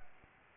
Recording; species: mosquito wingbeat signal from an infrared sensor; Anopheles arabiensis